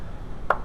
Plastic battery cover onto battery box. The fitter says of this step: and at the front here it clicks